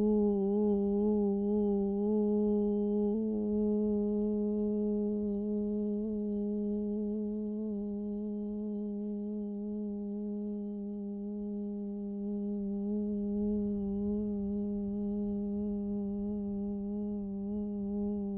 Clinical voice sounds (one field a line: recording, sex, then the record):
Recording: sustained vowel /u/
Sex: female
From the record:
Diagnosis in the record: Parkinson's disease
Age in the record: 67 years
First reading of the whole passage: 79 s, 6.5 characters per second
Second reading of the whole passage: 74 s, 7.0 characters per second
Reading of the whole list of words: 72 s, 3.9 characters per second